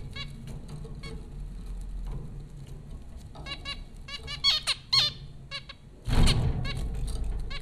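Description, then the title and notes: Zebra finch calls, short stacked nasal beeps scattered at first, then a cluster of louder calls, followed by a sudden burst of noise. Zebra finches at Popcorn School, Flatbush, Brooklyn, New York, in April 2009. "Dronecast: The Popcorn Finches Four from Apr 15, 2009. Zebra finches recorded by Dan Bodah at Popcorn School, Flatbush, Brooklyn NY in April 2009"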